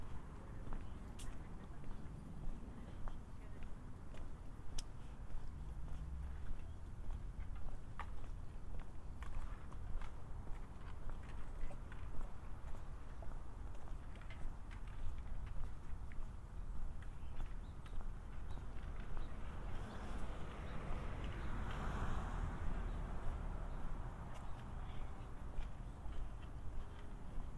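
A walk through city streets: steady low traffic rumble, scattered footstep clicks throughout, and a brighter vehicle swell passing around twenty seconds in.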